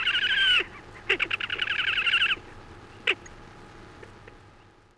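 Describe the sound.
Slavonian grebe trilling song: a loud, quavering, wavering trill lasting under a second, then a longer buzzy trill of about a second, with one short note after.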